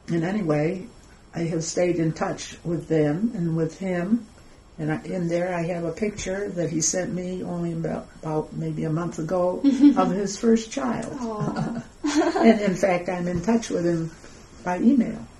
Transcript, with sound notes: anyway, I have stayed in touch with them and with him and in there I have a picture that he sent me, only about, maybe a month ago of his first child. [laughs] And in fact I am in touch with him by email.